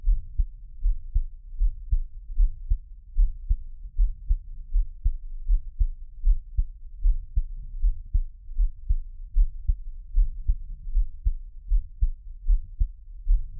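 An adult's own heartbeat heard through a close microphone, for ASMR listening on headphones. Normal heartbeat.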